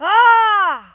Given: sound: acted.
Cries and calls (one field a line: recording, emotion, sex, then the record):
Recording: nonverbal affect burst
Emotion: anger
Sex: female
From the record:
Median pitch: 402 Hz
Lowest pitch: 150 Hz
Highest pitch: 498 Hz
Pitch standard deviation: 100 Hz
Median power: 79.5 dB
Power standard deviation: 12.5 dB